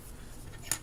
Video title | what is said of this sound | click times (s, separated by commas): Transformers Classics: Voyager Class Jetfire/Skyfire Review | You can take these and just click into place. | 0.7 s